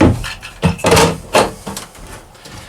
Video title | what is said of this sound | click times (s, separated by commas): How To Build A DIY Travel Trailer - Part 58 (Water Tanks Arrive) | then that just locks into place like that | 1.3 s